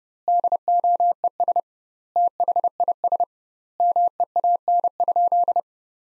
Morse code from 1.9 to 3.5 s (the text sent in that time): THIS